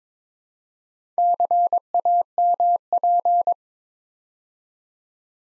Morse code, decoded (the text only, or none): CAMP